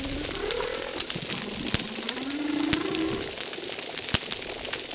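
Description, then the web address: Humpback whale song units: two drawn-out moaning tones rising and swelling, one early and a longer one in the middle, against steady crackling and occasional sharp clicks. Humpback whales at a reef; audio filtered. "Brigitte RECIFS Recif 10 Humpback Whales audio. filtre"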